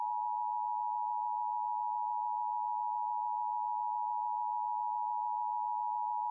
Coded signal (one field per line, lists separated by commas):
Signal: Emergency Alert System (SAME) tones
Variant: 853 and 960 Hz attention tone